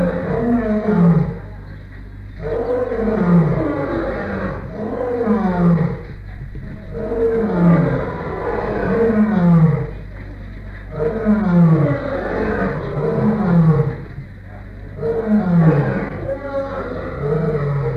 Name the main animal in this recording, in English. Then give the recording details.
Lion. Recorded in captivity. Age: adult. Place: Tierpark Berlin, Berlin, DE. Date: 1959-05-28 10:00. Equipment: Smaragd. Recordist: TSA